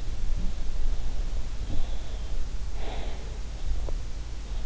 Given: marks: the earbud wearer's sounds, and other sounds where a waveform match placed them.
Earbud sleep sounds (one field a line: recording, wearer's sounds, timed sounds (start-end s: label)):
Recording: sounds in sleep by an in-ear microphone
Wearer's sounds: breath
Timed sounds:
1.52-3.46 s: breath